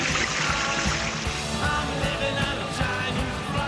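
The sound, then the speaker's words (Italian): A toilet flushes, a steady rush of churning, gurgling water that stays loud and continuous for a few seconds, with no voices over it. “In quanto stronzo, te tiro lo sciacquone.”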